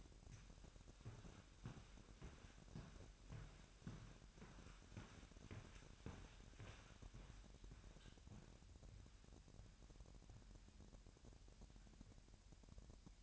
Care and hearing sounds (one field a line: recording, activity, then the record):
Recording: daily activity, microphone in the room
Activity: walk to room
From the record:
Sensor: 2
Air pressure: 1012.1 hPa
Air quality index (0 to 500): 160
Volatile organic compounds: 2 ppm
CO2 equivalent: 1155 ppm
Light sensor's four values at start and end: 76/180/74/71 and 82/195/80/78